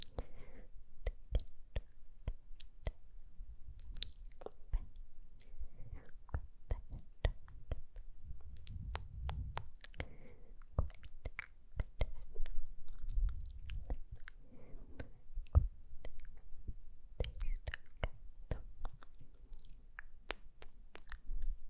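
Face touching, with dense, irregular crisp taps and wet, mouthy clicks throughout. Soft, low rubbing swells come in around nine and thirteen seconds.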